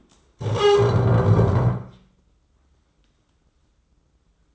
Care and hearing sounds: daily activity, microphone in the room; stand up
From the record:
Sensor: 3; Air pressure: 996.0 hPa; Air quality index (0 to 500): 246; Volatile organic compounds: 1000 ppm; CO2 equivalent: 6285 ppm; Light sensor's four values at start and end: 39/96/42/45 and 38/91/40/43

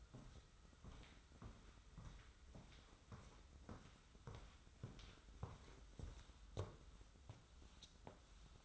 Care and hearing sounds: daily activity, microphone in the room; walk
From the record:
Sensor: 3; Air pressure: 994.3 hPa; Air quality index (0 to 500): 201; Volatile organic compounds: 1000 ppm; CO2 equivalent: 6659 ppm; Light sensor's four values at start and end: 113/265/109/102 and 76/172/73/70

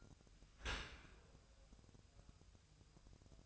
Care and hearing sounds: daily activity, microphone in the room; open dishwasher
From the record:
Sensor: 2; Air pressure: 1004.6 hPa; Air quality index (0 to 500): 106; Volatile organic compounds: 2 ppm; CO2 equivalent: 1280 ppm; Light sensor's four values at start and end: 6/15/6/6 and 6/15/6/6

